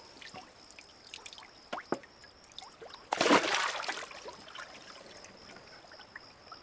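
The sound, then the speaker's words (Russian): Scattered light drips lead up to one sudden, loud splash as a fish is thrown into lake water, followed by a softer fizzing wash that fades out. A faint steady high hiss runs underneath. “Там он достал рыбу и бросил в воду.”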